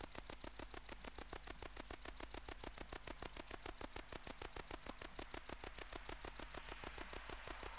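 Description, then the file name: Tettigonia hispanica bush-cricket: shrill, metallic syllables rapidly repeated at an even pace, forming an unbroken rhythmic song. "Tettigonia hispanica"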